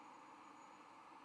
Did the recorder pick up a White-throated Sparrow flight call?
no